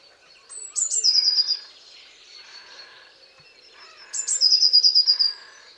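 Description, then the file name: Eurasian blue tit with two phrases: bright high introductory notes, then a rapid trill dropping slightly in pitch. "Cyanistes caeruleus"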